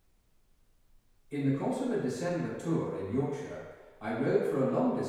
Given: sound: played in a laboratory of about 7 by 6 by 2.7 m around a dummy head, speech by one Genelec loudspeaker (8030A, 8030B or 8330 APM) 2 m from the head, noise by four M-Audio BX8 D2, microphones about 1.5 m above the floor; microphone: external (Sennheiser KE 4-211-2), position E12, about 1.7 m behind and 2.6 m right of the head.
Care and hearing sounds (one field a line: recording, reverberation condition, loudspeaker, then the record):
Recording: male speech in English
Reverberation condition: high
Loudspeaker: 90 degrees to the left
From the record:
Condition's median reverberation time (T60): about 1300 ms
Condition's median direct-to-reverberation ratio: about -4.0 dB